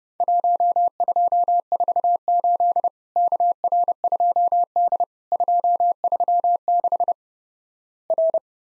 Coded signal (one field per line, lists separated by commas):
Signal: Morse code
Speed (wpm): 29 wpm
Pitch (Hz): 700 Hz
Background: none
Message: 1248 KR2D 236 R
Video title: Worked All Europe DX Contest QTC Exchange 30wpm